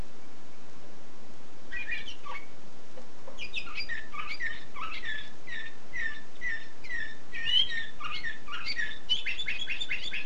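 Canary song starting after a short quiet spell: scattered chirps building into a steady series of repeated notes and a fast rattling trill at the end.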